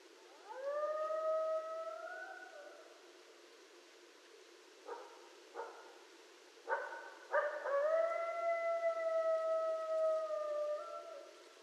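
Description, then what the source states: Coyote howling: a long rising howl, then brief yips and barks, then another long, slowly falling howl. Coyotes calling at night, 12 November 2012.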